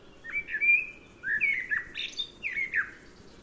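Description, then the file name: Common blackbird delivering a mellow fluty phrase of smooth whistles, then high squeaky notes and falling slurs. "Turdus merula"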